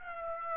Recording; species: mosquito wingbeat signal from an infrared sensor; Aedes aegypti